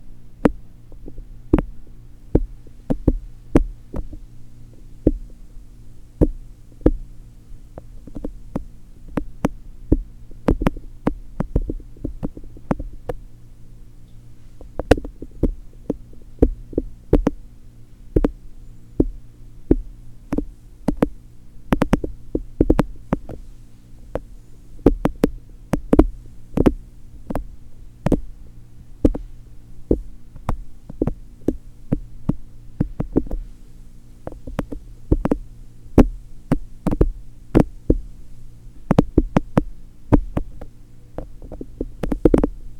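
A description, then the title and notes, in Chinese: Ear cleaning with a fluffy tool: quick soft scrapes and crackling brushes land irregularly every second or so, some in rapid bursts. Under them runs a steady low hum, and the brushing sometimes thumps dully, like a muffled heartbeat. 睡眠導入 絨毛掏耳。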